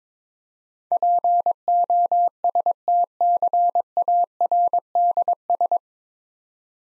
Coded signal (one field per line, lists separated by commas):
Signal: Morse code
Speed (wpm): 21 wpm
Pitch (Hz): 700 Hz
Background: none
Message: POSTCARDS